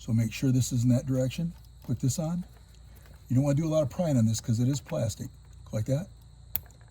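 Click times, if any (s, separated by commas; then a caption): 6.6 s. Someone talks while a plastic EVAP hose quick connector is pushed onto the purge valve of a Jeep Grand Cherokee by hand, without prying, because the connector is plastic. A sharp click at 6.6 s, followed by a few faint ticks, marks the connector seating into place.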